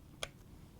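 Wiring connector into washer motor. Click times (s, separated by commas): 0.2 s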